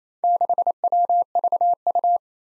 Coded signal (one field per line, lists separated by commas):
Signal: Morse code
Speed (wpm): 27 wpm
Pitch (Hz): 700 Hz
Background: none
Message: 6WVU